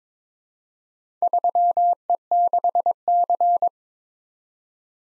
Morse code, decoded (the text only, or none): 3E6C